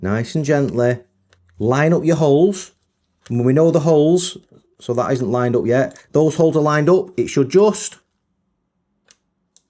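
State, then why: Seated. Someone talks while lining up the screw holes of a plastic shell half on a Radiomaster T15 radio transmitter, then the shell half is pressed gently down onto the transmitter body. After the talking stops, a faint tick at 9.1 s is followed by a sharp click at 9.6 s as the shell half snaps into place, and it is seated.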